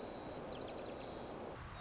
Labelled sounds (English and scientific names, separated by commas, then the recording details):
White-crowned Sparrow (Zonotrichia leucophrys)
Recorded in Sonoma County, California